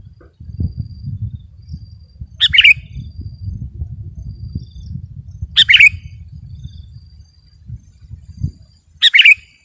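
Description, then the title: Sooty-headed bulbul delivering three brief, bubbly, whistled phrases spaced roughly three seconds apart, over a steady low rumble and a faint, high, thin whine. "kutilang"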